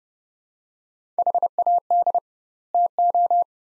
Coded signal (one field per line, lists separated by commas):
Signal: Morse code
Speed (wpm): 30 wpm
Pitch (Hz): 700 Hz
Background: none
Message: HAD TO